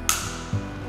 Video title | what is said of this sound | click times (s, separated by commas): How to Check Clamp Screws on Insert Holders - Grainger Ask the Experts | click or a sound. That tells me that that screw, that screw is at the proper tension, and that | 0.1 s